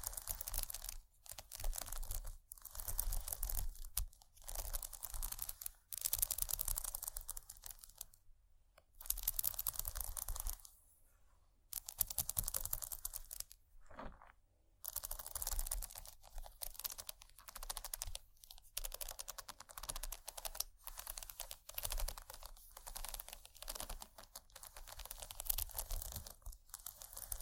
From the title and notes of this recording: ASMR Bumpy Textured Items Scratching（No Talking）.